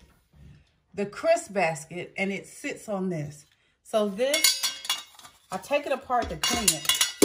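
Someone talks while handling the removable crisp-basket insert of a multicooker, which comes apart for cleaning and is about to go back into its basket, with clinking and knocking handling sounds. Nothing has seated or snapped into place yet by the end of the clip.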